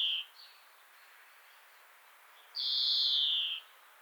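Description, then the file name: European greenfinch giving a long, nasal, buzzy wheeze lasting about a second, preceded by a short wheezy note at the start. "Chloris chloris"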